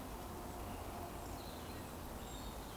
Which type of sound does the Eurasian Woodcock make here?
whistle